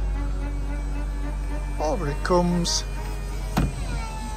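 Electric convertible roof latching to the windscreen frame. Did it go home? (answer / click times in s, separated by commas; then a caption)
yes / 3.6 s. The electric soft-top roof of a 2012 Mini Cooper Convertible, operated with the overhead master switch, comes over and closes against the windscreen frame. Someone talks over a steady motor whir, then a single sharp hit lands at 3.6 s as the roof clicks into place and latches.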